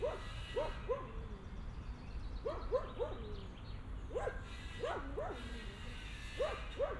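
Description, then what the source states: Dog barking: high, yappy barks in clusters of two or three with short pauses between, over a constant low background hum. Dogs crossing a park on Via Irnerio, Bologna, Italy; recorded by students of the Liceo Musicale L. Bassi di Bologna for the ALEarth project.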